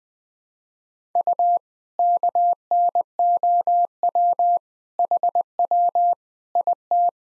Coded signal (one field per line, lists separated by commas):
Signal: Morse code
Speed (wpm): 20 wpm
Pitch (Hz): 700 Hz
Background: none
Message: U KNOW HW IT